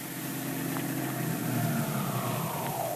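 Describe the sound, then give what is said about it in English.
Detective Dick Tracy's car engine rumbles steadily, its whine gradually falling in pitch as the car slows and pulls to a stop outside the apartment house where Tess Trueheart lives, with no voices. “The great detective is just stopping outside the apartment house where Tess Trueheart lives.”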